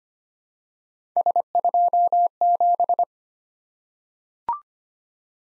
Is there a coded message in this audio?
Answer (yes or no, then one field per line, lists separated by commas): yes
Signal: Morse code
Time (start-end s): 1.2-3.0 s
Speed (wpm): 25 wpm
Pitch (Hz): 700 Hz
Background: none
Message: S27